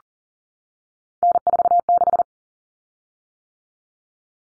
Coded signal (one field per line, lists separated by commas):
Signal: Morse code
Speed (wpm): 40 wpm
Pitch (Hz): 700 Hz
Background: none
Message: N46